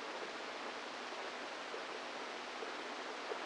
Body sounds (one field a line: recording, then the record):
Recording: brain microelectrode recording played as sound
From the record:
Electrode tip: inside the subthalamic nucleus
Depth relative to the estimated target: -3 mm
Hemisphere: right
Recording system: NeuroSet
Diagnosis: Parkinson's disease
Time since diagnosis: 10 years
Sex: female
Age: 45 years